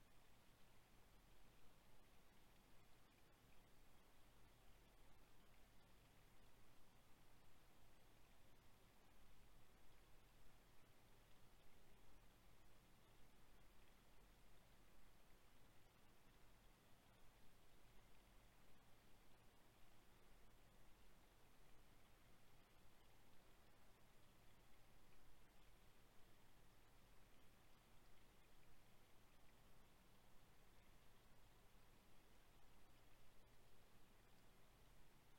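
A creek runs steadily at night, its even rushing wash filling the whole range from low to bright without letup. Underneath sits a faint, constant low hum. Nothing stands out from the flow across the whole stretch.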